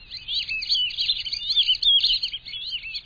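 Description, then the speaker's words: Black-bellied whistling-duck whistles, a busy overlapping chorus of high squealing whistled notes without pause. Lower Rio Grande Valley of Texas, in winter. "Black-bellied whistling ducks demonstrate that they are indeed ducks that whistle."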